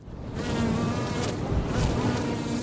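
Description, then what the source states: Honey bees buzzing in a dense, steady hum, with a low rumble underneath throughout. Honeybees from urban hives in Astoria, Queens, New York City.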